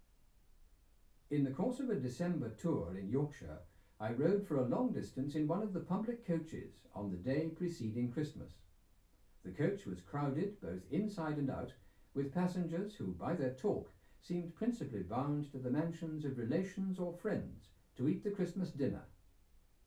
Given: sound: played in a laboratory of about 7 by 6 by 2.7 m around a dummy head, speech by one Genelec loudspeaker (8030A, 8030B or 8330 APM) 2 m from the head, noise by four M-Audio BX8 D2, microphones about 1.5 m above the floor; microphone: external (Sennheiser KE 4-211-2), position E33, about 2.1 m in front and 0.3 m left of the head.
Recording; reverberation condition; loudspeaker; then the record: male speech in English; low; 60 degrees to the right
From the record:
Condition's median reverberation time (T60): about 310 ms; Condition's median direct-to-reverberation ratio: about 3.5 dB